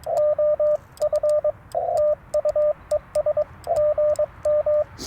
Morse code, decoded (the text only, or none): OF TU ES GM